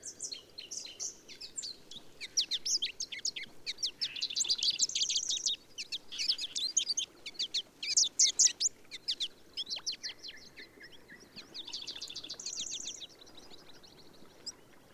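Bird song: dense overlapping chirps, rapid trills and twittering notes over a steady hiss.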